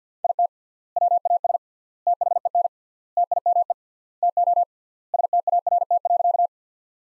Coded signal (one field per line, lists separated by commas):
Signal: Morse code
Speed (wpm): 50 wpm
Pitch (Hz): 700 Hz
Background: none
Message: IT WAS THEN TIME TO START.